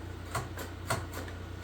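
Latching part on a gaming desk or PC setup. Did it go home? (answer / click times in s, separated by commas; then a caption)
no / none. A latching part on a new gaming desk or PC setup is pushed several times, giving short knocks at about 0.4, 0.9 and 1.7 seconds over a steady low hum. The latch fails to catch, and nothing has latched or clicked yet.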